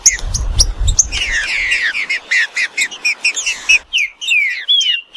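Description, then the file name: Green-winged saltator song of rapid whistled notes, then clearer drawn-out slurred whistles, with some low rumbling noise at the start. "canto do trinca ferro"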